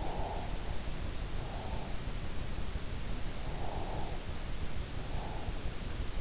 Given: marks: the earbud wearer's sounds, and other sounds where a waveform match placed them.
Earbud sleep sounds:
sounds in sleep by an in-ear microphone; breath
0.00-1.96 s: sound from someone else or the room
0.02-1.96 s: breath
3.63-5.47 s: breath

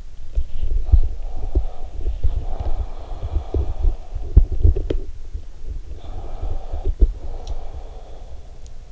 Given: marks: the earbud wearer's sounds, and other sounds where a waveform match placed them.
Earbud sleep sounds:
sounds in sleep by an in-ear microphone; body movement, breath
0.31-7.91 s: body movement
1.13-4.12 s: breath
5.58-8.92 s: breath

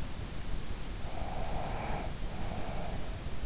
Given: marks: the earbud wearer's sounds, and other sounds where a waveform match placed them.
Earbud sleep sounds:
sounds in sleep by an in-ear microphone; breath
1.10-3.15 s: breath

